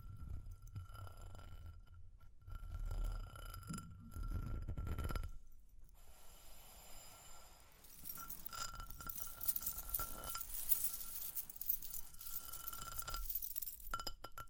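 Tapping and scratching sounds mixed with light jingling, with a steady thin ringing tone held through most of the clip. The first five seconds carry heavy low rubbing and thumps; after a short pause around six seconds, brighter hissy scratching and glassy clinks take over.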